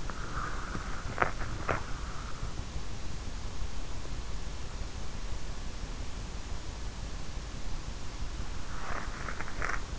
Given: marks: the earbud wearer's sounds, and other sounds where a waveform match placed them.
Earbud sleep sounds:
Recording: sounds in sleep by an in-ear microphone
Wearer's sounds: body movement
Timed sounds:
0.00-1.94 s: body movement
8.70-9.99 s: sound from someone else or the room

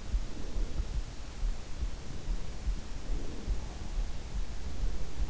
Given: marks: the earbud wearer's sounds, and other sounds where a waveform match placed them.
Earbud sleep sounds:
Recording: sounds in sleep by an in-ear microphone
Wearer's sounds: breath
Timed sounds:
0.00-1.36 s: breath
2.62-4.30 s: breath

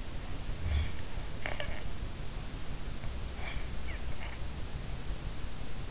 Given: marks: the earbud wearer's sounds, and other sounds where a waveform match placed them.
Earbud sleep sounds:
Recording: sounds in sleep by an in-ear microphone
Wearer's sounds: snoring breath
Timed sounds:
0.44-1.80 s: snoring breath
3.33-4.44 s: snoring breath

